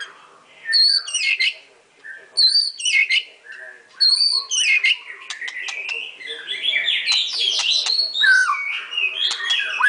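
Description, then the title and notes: White-rumped shama song, three short repeated phrases separated by pauses, followed by a dense continuous warble of whistles and trills. Masteran (training) song. "Murai Batu Album 01. Masteran Murai Batu"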